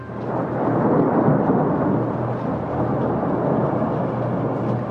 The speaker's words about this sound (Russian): Очередной раскат грома встряхнул шатер. Но это не пугало.